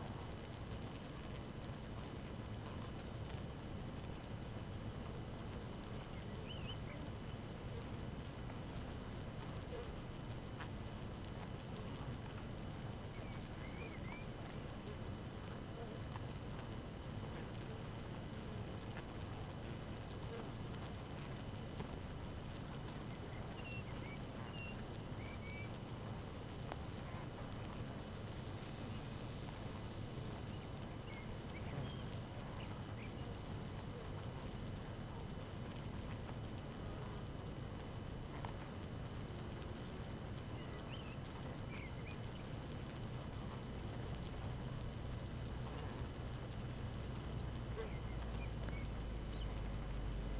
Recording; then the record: honeybee colony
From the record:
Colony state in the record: active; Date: 12 June 2018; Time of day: 5:24